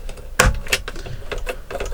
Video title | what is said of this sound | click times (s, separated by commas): WPL New Upgrades!! Alloy Rims And Oil Filled Shocks. | just like any other WPL shocks, they should just snap in place. | 0.4 s